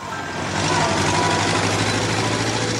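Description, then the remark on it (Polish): A vintage Hispano-Suiza car, a model named after the king, idles in a steady, loud low rumble with a faint higher whine, holding an even pitch for about three seconds with no voices. “Do zajazdu dotarli tym samym autem, co wtedy. To Hispano Suiza, model nazwany imieniem króla.”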